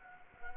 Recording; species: mosquito wingbeat signal from an infrared sensor; Anopheles gambiae